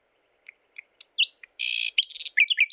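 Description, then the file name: Common nightingale song: soft, spaced single notes, then a harsh buzzy rattle followed by quick twisting, slurred whistles. "Luscinia megarhynchos"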